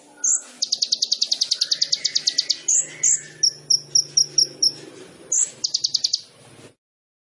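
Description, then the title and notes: Sunbird song of rapid high buzzy trills and sharp chips, a short run of clicking notes between, ending in a brief trill and silence. Indonesian masteran training song of a gacor kolibri ninja with full fill-in phrases (isian) and shots (tembakan), used as a lure to provoke other birds to sing. "MASTERAN KOLIBRI NINJA TERBAIK FULL ISIAN DAN TEMBAKAN MEWAH COCOK BUAT PANCINGAN. Suara Burung Kolibri Ninja Gacor"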